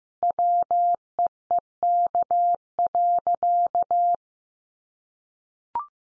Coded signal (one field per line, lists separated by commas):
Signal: Morse code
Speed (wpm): 15 wpm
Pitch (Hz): 700 Hz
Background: none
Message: WEEK.